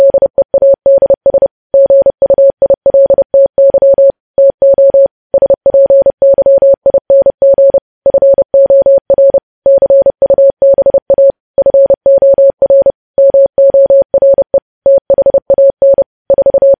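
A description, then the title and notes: Morse code tapped out as a single steady tone, a little above 500 hertz, keyed on and off in rapid dots and dashes. Groups of characters run in bursts of about a second with short silent gaps between, repeating evenly through the whole recording. No other sounds intrude. Morse code.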